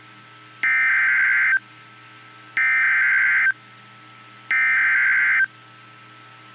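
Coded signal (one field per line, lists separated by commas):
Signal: Emergency Alert System (SAME) tones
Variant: header bursts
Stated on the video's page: Severe thunderstorm alerts from Georgia counties, heavily edited recordings.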